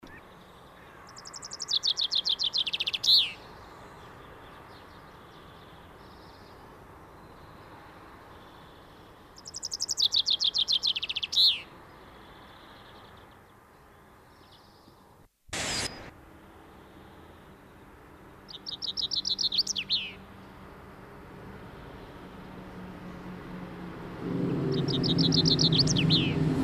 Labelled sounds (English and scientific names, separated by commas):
Common Chaffinch (Fringilla coelebs) song